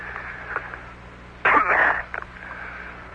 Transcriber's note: coughing